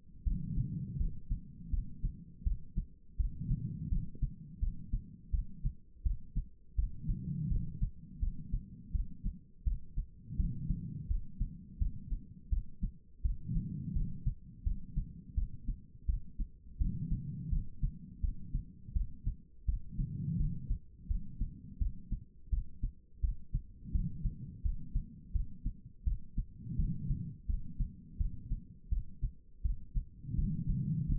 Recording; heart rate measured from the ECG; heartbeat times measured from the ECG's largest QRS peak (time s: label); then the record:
heart sounds by stethoscope; 84 bpm
0.24 s: heartbeat
0.98 s: heartbeat
1.71 s: heartbeat
2.44 s: heartbeat
3.17 s: heartbeat
3.89 s: heartbeat
4.60 s: heartbeat
5.31 s: heartbeat
6.03 s: heartbeat
6.76 s: heartbeat
7.49 s: heartbeat
8.20 s: heartbeat
8.92 s: heartbeat
9.64 s: heartbeat
10.37 s: heartbeat
11.08 s: heartbeat
11.79 s: heartbeat
12.50 s: heartbeat
13.22 s: heartbeat
13.94 s: heartbeat
14.64 s: heartbeat
15.35 s: heartbeat
16.06 s: heartbeat
16.78 s: heartbeat
17.50 s: heartbeat
18.21 s: heartbeat
18.93 s: heartbeat
19.66 s: heartbeat
20.38 s: heartbeat
21.08 s: heartbeat
21.79 s: heartbeat
22.50 s: heartbeat
23.21 s: heartbeat
23.92 s: heartbeat
24.63 s: heartbeat
25.33 s: heartbeat
26.05 s: heartbeat
26.77 s: heartbeat
27.47 s: heartbeat
28.18 s: heartbeat
28.90 s: heartbeat
29.63 s: heartbeat
30.36 s: heartbeat
31.07 s: heartbeat
From the record:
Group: healthy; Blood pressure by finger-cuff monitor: 105/71 mmHg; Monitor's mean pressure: 84 mmHg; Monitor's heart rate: 84 bpm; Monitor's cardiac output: 4.9 L/min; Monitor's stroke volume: 59 mL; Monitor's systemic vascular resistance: 1250 dyn s/cm5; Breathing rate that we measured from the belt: 9 breaths a minute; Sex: female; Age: 51 years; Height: 162 cm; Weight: 70.04 kg